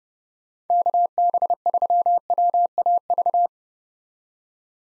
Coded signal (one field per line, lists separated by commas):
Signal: Morse code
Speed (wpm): 30 wpm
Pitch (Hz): 700 Hz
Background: none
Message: KB3WAV